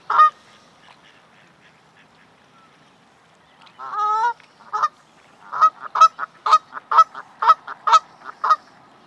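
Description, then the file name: Canada goose honking: one sharp honk, a pause, a long wavering call, then a fast run of many short honks. "Various Birds - Canada Goose"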